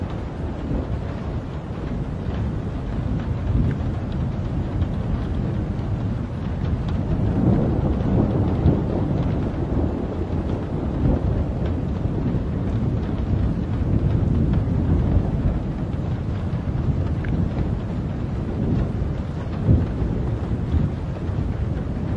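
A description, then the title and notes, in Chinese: A night thunderstorm: a steady, dense low rumble of rain and thunder rolls on throughout, swelling slightly around the middle, with faint crackles above. 夜晚客房 雷雨天气。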